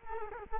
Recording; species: mosquito wingbeat signal from an infrared sensor; Culex quinquefasciatus